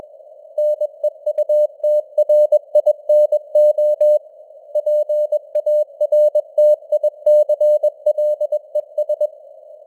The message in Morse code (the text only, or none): NEUTRINO PARTICLES